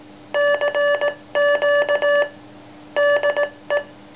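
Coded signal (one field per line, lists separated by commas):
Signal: Morse code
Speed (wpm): 18 wpm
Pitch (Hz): 580 Hz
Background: none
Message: CQ DE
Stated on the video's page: Morse sent from a Memory Mic-Key memory keyer: recorded via morse key, played back at adjustable 10-40 WPM with adjustable side-tone.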